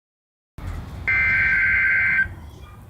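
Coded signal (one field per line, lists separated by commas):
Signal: Emergency Alert System (SAME) tones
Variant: header bursts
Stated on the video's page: Required weekly test with live voiced message.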